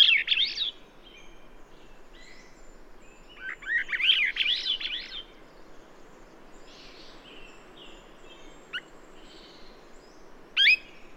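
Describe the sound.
Bird song: loud, fast twittering phrases at the start and around four seconds, followed by two single sharp high notes with quiet between.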